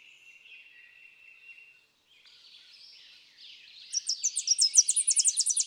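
Tennessee warbler: high, rapid ticking series of a small songbird near the end, following a few seconds of faint, steady background hiss.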